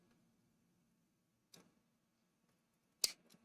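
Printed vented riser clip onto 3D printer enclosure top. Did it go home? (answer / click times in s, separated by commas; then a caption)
yes / 1.5 s, 3.0 s. A 3D-printed ABS vented top riser is pressed up from underneath onto the top enclosure of an Elegoo Centauri Carbon 3D printer. A quiet snap sounds at 1.5 s and a sharper, louder snap at 3.0 s, followed by a faint tick. The riser clips seat into place.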